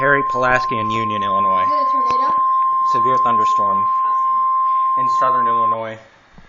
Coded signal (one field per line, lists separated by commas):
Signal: Emergency Alert System (SAME) tones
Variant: 1050 Hz attention tone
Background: speech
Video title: EAS 19-22 SVRs and TORs Southern Illinois